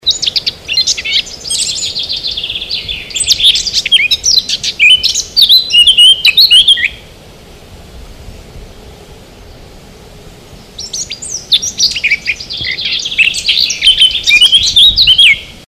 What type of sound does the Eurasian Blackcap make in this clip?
song